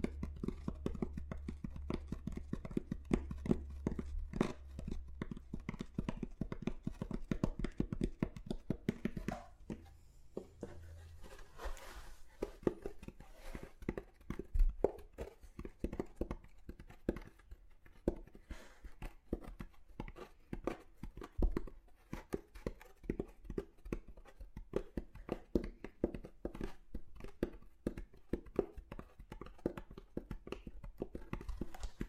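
Rapid, irregular tapping on different objects continues throughout, with dense clicks and knocks, a low hum early on, and a brief pause around ten seconds.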